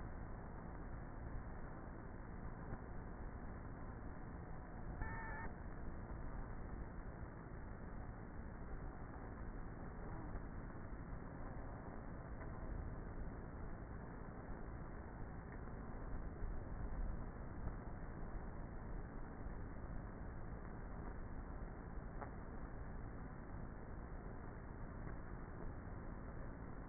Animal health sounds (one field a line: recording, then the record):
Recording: honeybee colony, microphone inside the hive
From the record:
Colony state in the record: queenless with a low population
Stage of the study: before two queens were removed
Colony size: about 30,000 bees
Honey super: no